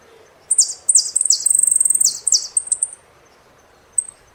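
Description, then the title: Saffron finch song: two high falling slurs, a fast even trill, a couple more slurred notes, and one final chirp after a pause. "Jilguero Argentino"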